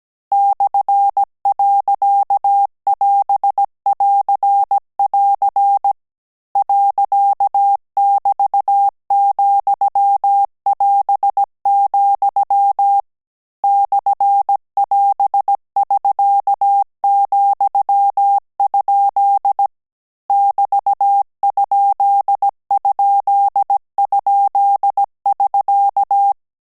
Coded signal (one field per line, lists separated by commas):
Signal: Morse code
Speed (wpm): 17 wpm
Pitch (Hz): 800 Hz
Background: none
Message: /.<AS><AR><AR> .<BT>,<AS>, /<AS><SK>,? <BT>???<SK>